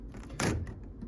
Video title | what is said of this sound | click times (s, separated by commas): NTI Boilers - TRX (085-110c-120-150c) - Cleaning the Condensate Trap | stick that on the bottom here, and that shoves up in place until it snaps, and | 0.4 s